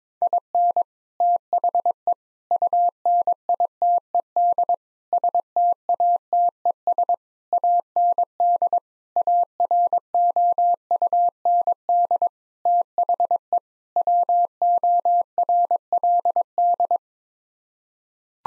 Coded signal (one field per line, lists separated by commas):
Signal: Morse code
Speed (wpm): 22 wpm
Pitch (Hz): 700 Hz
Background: none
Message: IN THE UNITED STATES AND AROUND THE WORLD